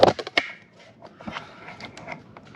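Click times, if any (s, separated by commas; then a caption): 0.4 s. Two halves of a plastic wiring-harness connector for the grille light kit on a 2022 Ford F250 Lariat are pushed together, the light harness connector going into its mating harness connector. After a few small handling clicks, a sharp, loud click is heard at 0.4 s as the connector seats and is clipped together securely. Softer rustling and light taps follow.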